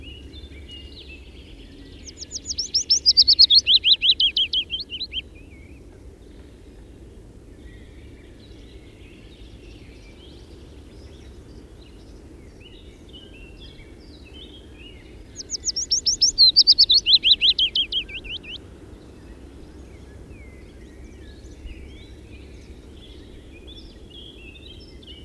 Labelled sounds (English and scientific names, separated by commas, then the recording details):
Willow Warbler (Phylloscopus trochilus) song
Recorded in the wild
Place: Serrahn, Mecklenburg-Vorpommern, DE
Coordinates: 53.344, 13.204
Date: 1978-08-04 18:45
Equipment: Nagra III BH, Sennheiser MD 21, parabola
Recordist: Schubert, Michael
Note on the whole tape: Gesang Fitis kurz vor abendlichem Gesang